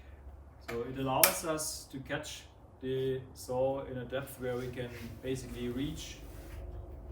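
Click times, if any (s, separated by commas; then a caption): none. A cordless plunge saw is being handled and pushed toward the depth where its plunge mechanism catches in the blade-change position, so the blade fixing screw can be reached. Someone talks throughout over faint handling noise. Nothing has seated or clicked yet.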